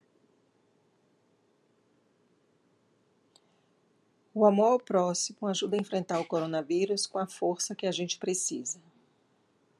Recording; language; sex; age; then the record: spoken sentence; Brazilian Portuguese; female; 50 to 59 years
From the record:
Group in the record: control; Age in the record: 51 years